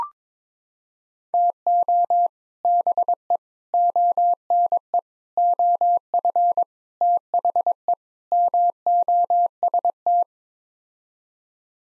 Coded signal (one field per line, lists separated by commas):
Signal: Morse code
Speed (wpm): 22 wpm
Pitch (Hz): 700 Hz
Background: none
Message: TO BE ONE OF THE MOST